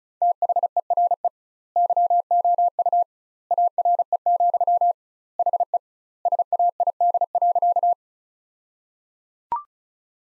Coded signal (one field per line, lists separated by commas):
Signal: Morse code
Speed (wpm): 34 wpm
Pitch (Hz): 700 Hz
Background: none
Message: THERE YOU ARE, HE SAID.